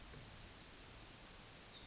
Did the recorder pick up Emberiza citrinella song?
yes